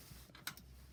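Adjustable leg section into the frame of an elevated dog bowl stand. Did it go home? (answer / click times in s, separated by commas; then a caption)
yes / 0.5 s. An adjustable leg section is pressed down into the frame of a FORDOG elevated dog bowl stand, inserted for the lower height setting for a smaller dog. A soft tap at 0.3 s is followed by a sharp, bright snap at 0.5 s as the leg seats in place, with a faint tick just after.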